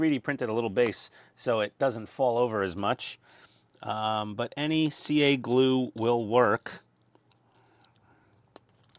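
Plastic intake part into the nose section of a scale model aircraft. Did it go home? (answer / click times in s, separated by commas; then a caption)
yes / 8.6 s. Someone talks for about the first 7 seconds while building an Agora Models 1:18 scale Mitsubishi A6M Zero Fighter partwork kit with CA glue being applied. Then a few faint ticks give way to a sharp click at 8.6 s. That click is the plastic intake part snapping into place in the nose section.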